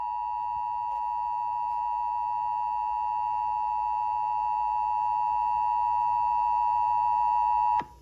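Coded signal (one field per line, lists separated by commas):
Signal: Emergency Alert System (SAME) tones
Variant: 853 and 960 Hz attention tone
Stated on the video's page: Fictional EAS scenario.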